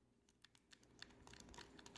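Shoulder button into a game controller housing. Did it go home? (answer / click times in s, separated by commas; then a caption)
no / none. A plastic shoulder button is being handled over a game controller housing, ready to be pressed down with light pressure until it clicks into place. Light tapping and clicking handling noises are heard, with sharp transients around 1.0 s and 1.6 s. Nothing has seated or clicked into place yet.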